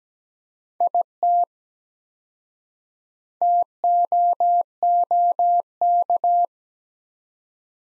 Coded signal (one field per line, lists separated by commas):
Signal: Morse code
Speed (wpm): 17 wpm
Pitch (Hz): 700 Hz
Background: none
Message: IT TOOK